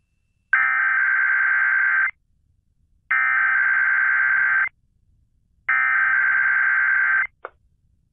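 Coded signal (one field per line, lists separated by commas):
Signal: Emergency Alert System (SAME) tones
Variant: header bursts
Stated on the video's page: Random EAS retest from an AM radio station.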